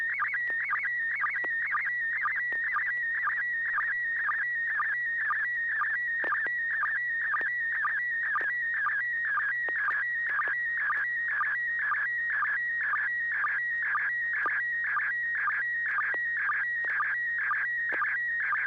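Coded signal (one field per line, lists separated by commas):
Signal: SSTV (slow-scan television)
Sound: warbling, chirping tone scanning line by line, with a short low blip every half second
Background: low steady hum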